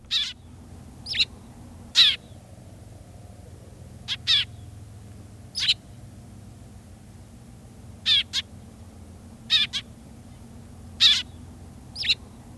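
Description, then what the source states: Eurasian tree sparrow chirping: short, sharp notes given singly or in quick pairs, spaced about one to two and a half seconds apart, over a faint low hum. Chirping; Finnish population increasing; a pleasant addition for people who feed birds and build nest boxes.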